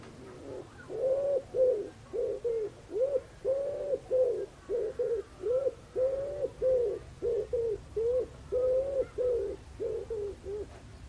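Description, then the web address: Common wood pigeon cooing in a long run of soft, low, hollow notes, each lasting about half a second, repeated steadily with short pauses between them. "cianscape. Deverinetal. Bird Only"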